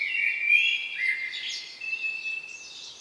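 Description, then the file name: Common blackbird singing a brief mellow warble that trails into softer, higher twittering notes. "Turdus merula"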